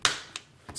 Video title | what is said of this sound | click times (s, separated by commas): TheCOM Helmet Headset Install | the snap in place | 0.1 s